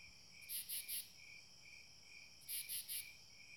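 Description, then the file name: Cricket chirps in two bursts of three high pulses, over a steady thin insect whining. Crickets recorded together with a whining insect. "freesound crickets"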